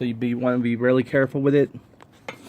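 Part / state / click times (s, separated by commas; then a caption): torque wrench on a shock mounting bolt in an aluminum scooter engine case / torque reached / 2.3 s. Someone talks while a bolt on the shock mount of a GY6 scooter's aluminum engine case is tightened with a torque wrench. A sharp click at 2.3 s marks the wrench reaching its set torque, leaving the bolt tight, and tightening stops there to avoid over-tightening the aluminum.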